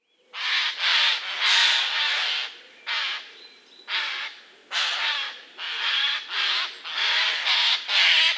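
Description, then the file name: Eurasian jay calling with a rapid series of harsh, noisy screeches, many short bursts, some doubled, with brief gaps between them. "Garrulus glandarius"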